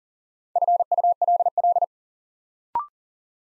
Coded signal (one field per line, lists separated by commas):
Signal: Morse code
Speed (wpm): 42 wpm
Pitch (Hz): 700 Hz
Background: none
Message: FULL